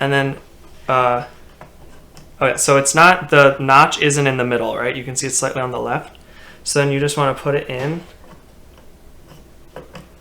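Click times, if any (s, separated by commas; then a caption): none. A memory module is being lined up over a motherboard DIMM slot so its off-centre notch, slightly to the left, matches the slot. Someone talks throughout, with a few faint ticks from handling around 1.6, 2.2, 8.8, 9.8 and 10.0 seconds. The module is not yet pushed home, and nothing has seated or clicked yet.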